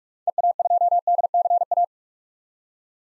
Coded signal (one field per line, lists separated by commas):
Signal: Morse code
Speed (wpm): 46 wpm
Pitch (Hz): 700 Hz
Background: none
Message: EA2DCA